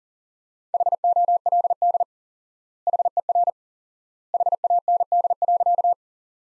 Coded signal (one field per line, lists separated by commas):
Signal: Morse code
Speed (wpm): 40 wpm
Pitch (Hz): 700 Hz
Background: none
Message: HOLD HER HAND.